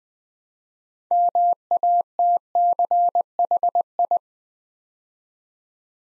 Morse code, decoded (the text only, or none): MATCHI